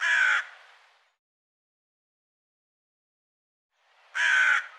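Bird giving one harsh caw at the start, then near silence for several seconds before a second raspy caw.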